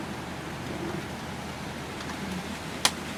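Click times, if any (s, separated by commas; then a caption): 2.9 s. A CPAP mask fitting, a headgear clip or tubing connector, is pushed home onto the mask or headgear during setup on a patient. Against a steady broadband hiss, one sharp click sounds at 2.8 s, confirming the component has seated.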